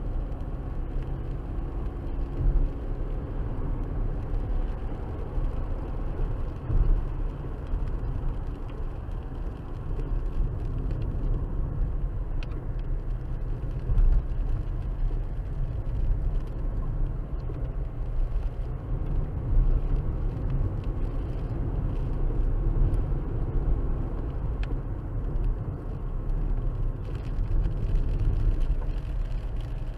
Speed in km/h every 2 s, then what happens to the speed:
64, 69, 74, 76, 68, 61, 56, 55, 56, 58, 64, 66, 64, 58, 55.
0-6 speeds up to 76. 6-13 slows to 55. 17-21 speeds up to 66. 24-30 slows to 55.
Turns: none.